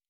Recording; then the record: hydrophone in a shrimp aquaculture tank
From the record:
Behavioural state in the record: normal